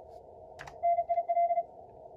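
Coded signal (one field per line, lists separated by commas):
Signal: Morse code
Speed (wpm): 33 wpm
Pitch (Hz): 690 Hz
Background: radio noise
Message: NIL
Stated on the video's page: MorseRunner contest simulator software running the ARRL DX contest.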